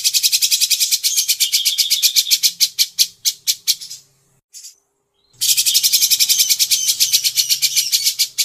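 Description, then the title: Grey-cheeked bulbul chattering song: fast, buzzy, high-pitched pulses repeated several times a second, with a short break midway before the rapid chatter resumes. Masteran (bird-training recording), long duration. "Cucak Jenggot Masteran"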